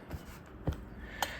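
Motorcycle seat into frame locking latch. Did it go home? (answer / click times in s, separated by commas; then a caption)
no / none. An aftermarket Corbin seat, with its tongue set in the top position, is pressed onto a 2021 Yamaha Tracer 9 GT to engage the frame's locking latch, giving dull contact knocks at about 0.7 s and 1.2 s. The latch does not click in and nothing has seated, apparently because a shim kit under the front is still in place.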